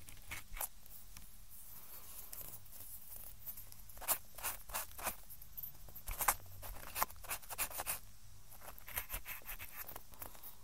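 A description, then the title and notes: Ear cleaning sounds: short scratchy rustles and crackles come in uneven bursts, sparse at first and thicker from about four seconds on, with clusters near six to seven and nine seconds. A soft steady hiss and a low hum sit underneath throughout. ASMR EXTREMELY TINGLY Ear Cleaning Sounds.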